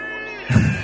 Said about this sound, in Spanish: Estábamos escuchando el grito detrás de ahí de los compañeros.